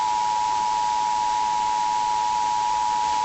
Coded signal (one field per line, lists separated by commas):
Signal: Emergency Alert System (SAME) tones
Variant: 853 and 960 Hz attention tone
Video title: [OLD] EAS Scenario #1: Here Come The Undead!